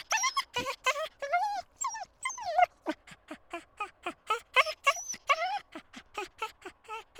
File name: Dogs Yelping 3